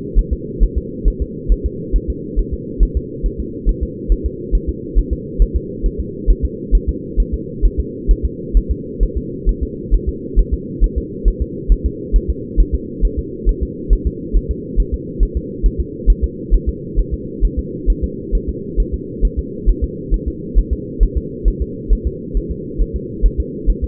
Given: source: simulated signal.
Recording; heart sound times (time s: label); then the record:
fetal heart sounds
0.19 s: S1
0.33 s: S2
0.63 s: S1
0.78 s: S2
1.08 s: S1
1.22 s: S2
1.52 s: S1
1.66 s: S2
1.96 s: S1
2.10 s: S2
2.39 s: S1
2.54 s: S2
2.83 s: S1
2.97 s: S2
3.26 s: S1
3.40 s: S2
3.69 s: S1
3.83 s: S2
4.12 s: S1
4.26 s: S2
4.55 s: S1
4.69 s: S2
4.98 s: S1
5.13 s: S2
5.42 s: S1
5.56 s: S2
5.86 s: S1
6.00 s: S2
6.30 s: S1
6.45 s: S2
6.75 s: S1
6.89 s: S2
7.20 s: S1
7.34 s: S2
7.65 s: S1
7.80 s: S2
8.11 s: S1
8.25 s: S2
8.57 s: S1
8.71 s: S2
9.03 s: S1
9.17 s: S2
9.49 s: S1
9.63 s: S2
9.94 s: S1
10.09 s: S2
10.39 s: S1
10.54 s: S2
10.84 s: S1
10.98 s: S2
11.28 s: S1
11.42 s: S2
11.72 s: S1
11.86 s: S2
12.16 s: S1
12.30 s: S2
12.60 s: S1
12.75 s: S2
13.05 s: S1
13.19 s: S2
13.49 s: S1
13.63 s: S2
13.93 s: S1
14.07 s: S2
14.37 s: S1
14.51 s: S2
14.80 s: S1
14.94 s: S2
15.23 s: S1
15.37 s: S2
15.66 s: S1
15.80 s: S2
16.10 s: S1
16.24 s: S2
16.54 s: S1
16.69 s: S2
16.99 s: S1
17.14 s: S2
17.45 s: S1
17.59 s: S2
17.90 s: S1
18.04 s: S2
18.35 s: S1
18.49 s: S2
18.80 s: S1
18.94 s: S2
19.25 s: S1
19.39 s: S2
19.69 s: S1
19.84 s: S2
20.14 s: S1
20.28 s: S2
20.59 s: S1
20.73 s: S2
21.03 s: S1
21.17 s: S2
21.48 s: S1
21.62 s: S2
21.93 s: S1
22.07 s: S2
22.37 s: S1
22.51 s: S2
22.82 s: S1
22.96 s: S2
23.26 s: S1
23.40 s: S2
23.70 s: S1
23.84 s: S2
From the record:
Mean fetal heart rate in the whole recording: 135 bpm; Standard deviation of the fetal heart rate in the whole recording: 3 bpm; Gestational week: 36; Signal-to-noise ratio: -4.1 dB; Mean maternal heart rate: no maternal heart sound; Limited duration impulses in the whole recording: absent